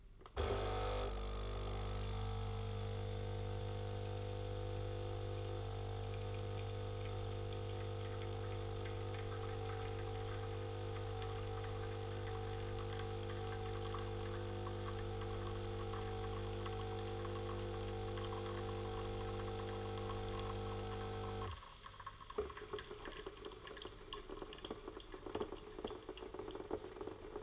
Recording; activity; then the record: daily activity, microphone in the room; make coffee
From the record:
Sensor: 4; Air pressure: 991.6 hPa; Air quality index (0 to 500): 133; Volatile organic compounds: 46 ppm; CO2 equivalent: 3247 ppm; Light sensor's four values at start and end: 17/54/20/20 and 16/50/19/18